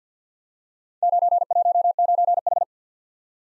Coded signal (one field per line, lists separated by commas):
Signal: Morse code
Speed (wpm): 50 wpm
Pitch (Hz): 700 Hz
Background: none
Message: 919H